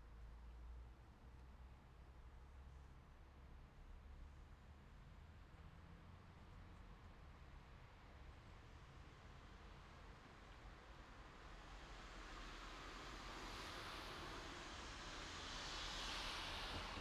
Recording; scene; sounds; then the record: everyday scene through a hearing-aid microphone; in traffic; traffic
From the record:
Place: city secondary road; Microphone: in the ear canal, left